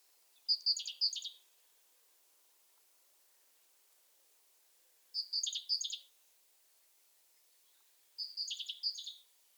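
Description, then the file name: Great tit calls: three short bursts of high, sharp notes that blur into a buzzy chatter, a few seconds apart, against a quiet background. "Parus major"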